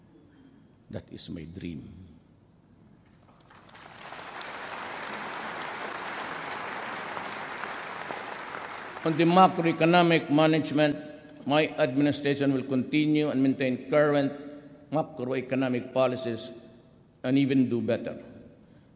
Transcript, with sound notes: that is my dream. [applause]
On the macroeconomic management, my administration will continue and maintain current macroeconomic policies, and even do better.